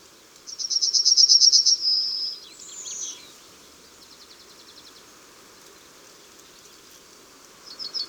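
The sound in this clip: Yellowhammer song, a fast rattling run of high repeated notes ending in a sustained whine and a short higher note, with the start of another phrase at the end.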